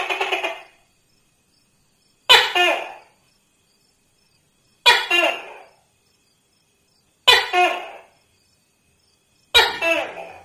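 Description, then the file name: Tokay gecko repeating its harsh two-part call five times at steady intervals of about two and a half seconds, with silence between. "tieng-tac-ke-keu-5-tieng"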